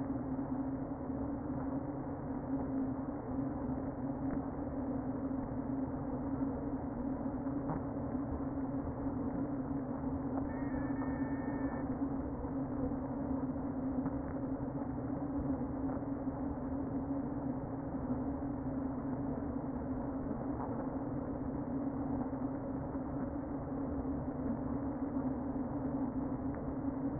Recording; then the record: honeybee colony, microphone inside the hive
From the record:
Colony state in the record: queen present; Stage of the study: before two queens were removed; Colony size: about 60,000 bees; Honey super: yes